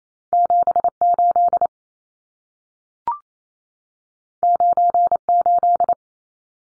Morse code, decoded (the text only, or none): 78 98